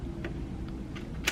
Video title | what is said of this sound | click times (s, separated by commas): How to Thread a Baby Lock Victory Serger | Clicks in your tension all the same there | 1.3 s